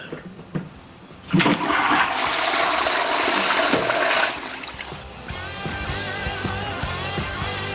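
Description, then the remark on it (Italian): A toilet flushes with a sudden loud rush of water lasting about three seconds, then subsides into a softer refilling trickle and gurgle. “In quanto stronzo, te tiro lo sciacquone.”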